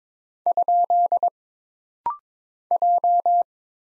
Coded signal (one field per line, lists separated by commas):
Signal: Morse code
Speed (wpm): 22 wpm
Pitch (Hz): 700 Hz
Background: none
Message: ? J